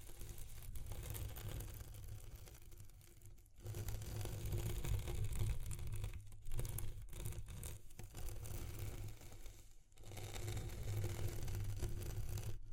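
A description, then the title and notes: ASMR texture sounds: dense scratchy rubbing and crinkling over a low hum, broken by brief silent pauses near four, six and ten seconds. ASMR Exploring Textures (No Talking).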